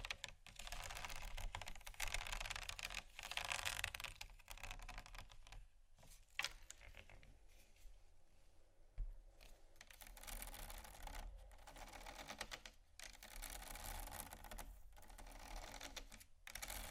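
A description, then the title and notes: Scratching over bumpy items makes a dense, rapid stream of dry, bright clicks and rasps, fairly steady apart from brief pauses near 6, 13 and 16 seconds. A quieter, softer passage runs from about 7 to 10 seconds, and a low hum sits underneath throughout. ASMR Scratching Bumpy Items No Talking Rode Mics.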